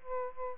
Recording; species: mosquito wingbeat signal from an infrared sensor; Aedes aegypti